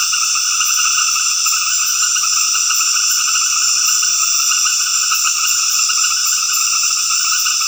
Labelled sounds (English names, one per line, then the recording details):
none
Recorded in dense forest near Puerto Asís, Putumayo, Colombia, on 18 February 2024 at 19:30
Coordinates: 0.496, -76.326
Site G6383